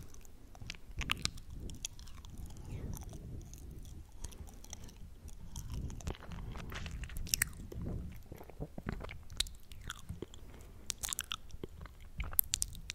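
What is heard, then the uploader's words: Mouth sounds of chewing and biting, with frequent crisp crunches and clicks over a low, soft, murmuring bed. Mouth Sounds Delight with Dreamy Effects.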